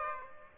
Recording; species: mosquito wingbeat signal from an infrared sensor; Aedes aegypti